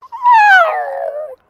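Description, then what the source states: Maltese terrier whining: one drawn-out tonal whine that slides steadily downward, lasting just over a second. Small dog in a distressed state, whining and yawning.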